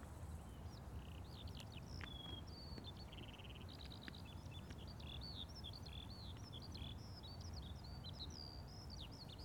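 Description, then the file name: Eurasian skylark singing a fast, continuous stream of high, varied chirps, trills and slurred whistles, with a steady low rumble of background noise throughout. "Skylark"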